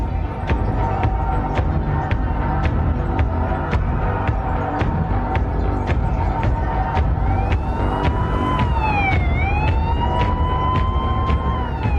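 Heavy traffic rumbles steadily, then police car sirens wail in over it, their pitch sliding and dipping as the police cars speed past the Texas Movie Theater, with repeated sharp clicks throughout.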